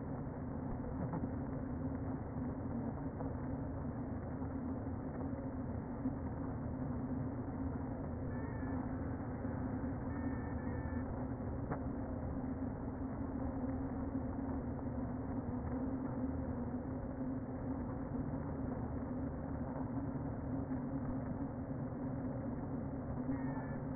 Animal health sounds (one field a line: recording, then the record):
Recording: honeybee colony, microphone inside the hive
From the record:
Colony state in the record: queen present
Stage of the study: before two queens were removed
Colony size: about 60,000 bees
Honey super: yes